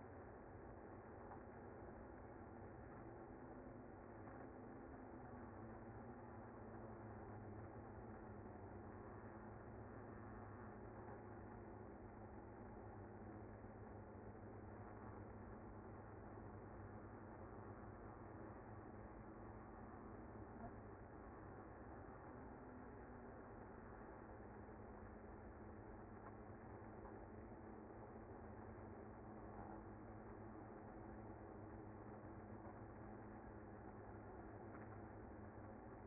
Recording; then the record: honeybee colony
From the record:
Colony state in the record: active